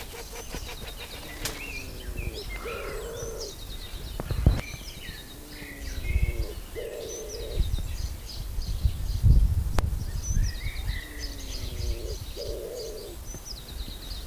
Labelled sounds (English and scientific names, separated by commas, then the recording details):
Common Wood Pigeon (Columba palumbus) call
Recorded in the wild
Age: adult
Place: Lübars (Fließtal), Berlin, DE
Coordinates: 52.6167, 13.35
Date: 2001-04-28 11:24
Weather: fair, ca. 15°C
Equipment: Nagra SN, Kopie Uher 4000 Report Monitor
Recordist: Tembrock, Günter
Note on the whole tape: Zweisilbige Laute